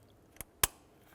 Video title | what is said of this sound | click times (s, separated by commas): How to Replace Intake Gasket Kit 2011-2018 Ram | that'll snap into place now this top itself will fold over | 0.6 s